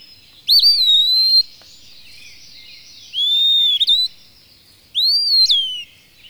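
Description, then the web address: Pewee calls: three clear, slurred whistled notes spaced a couple of seconds apart, the last falling away at its end, over a quiet background. "peewee"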